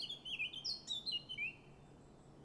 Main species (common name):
Eurasian Blackcap